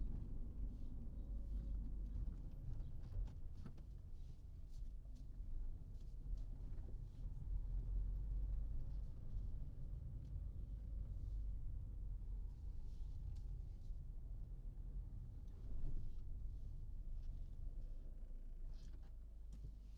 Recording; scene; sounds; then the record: everyday scene through a hearing-aid microphone; in a vehicle; engine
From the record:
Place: Berlingo II, diesel engine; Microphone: in the ear canal, right